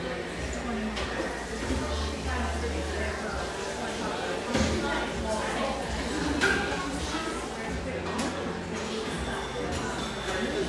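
Espresso shop ambience: a continuous hum of overlapping chatter, a low rumble near two seconds, and brief clinks around four and a half and six and a half seconds.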